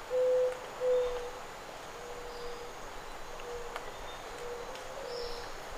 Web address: sound zenaida-doves. صدای-کبوتر-زینایدا